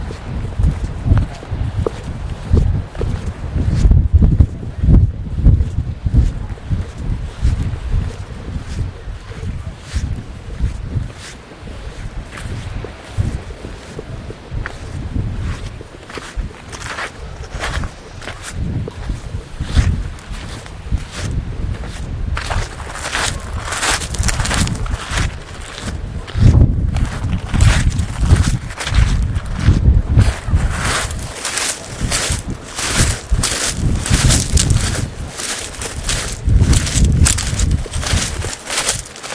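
Footsteps crunch along a shingle beach in a steady walking rhythm, each step a short gritty burst of stones. The crunching grows brighter and sharper after about twenty seconds. A low rumble of wind or surf runs underneath throughout.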